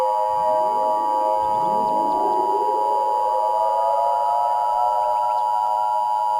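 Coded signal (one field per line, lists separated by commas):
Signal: Emergency Alert System (SAME) tones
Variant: 853 and 960 Hz attention tone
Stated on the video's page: Fictional EAS scenario remake.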